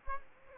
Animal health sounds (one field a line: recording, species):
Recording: mosquito wingbeat signal from an infrared sensor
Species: Culex quinquefasciatus